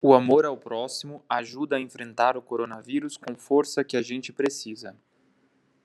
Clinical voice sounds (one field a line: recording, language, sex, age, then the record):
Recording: spoken sentence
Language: Brazilian Portuguese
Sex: male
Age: 30 to 39 years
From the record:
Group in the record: control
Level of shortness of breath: 0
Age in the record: 30 years